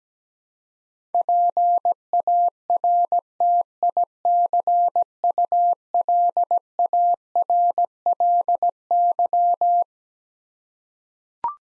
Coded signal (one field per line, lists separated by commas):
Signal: Morse code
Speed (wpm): 17 wpm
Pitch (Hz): 700 Hz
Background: none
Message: PARTICULARLY